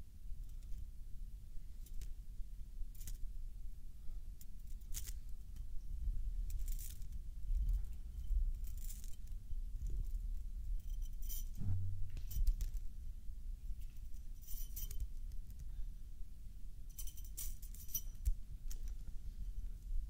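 A metal toy is handled and played with, giving short bright clinks and jingles that come in clusters every second or two, thickest around seconds 3, 5, 7 to 9 and 17 to 19. Underneath runs a steady low rumble throughout.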